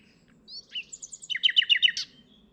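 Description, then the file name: Common nightingale song: a quick whistle, then a fast series of several loud repeated chirps ending in a sharp note. "Luscinia megarhynchos"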